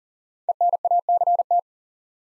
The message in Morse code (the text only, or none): ENACT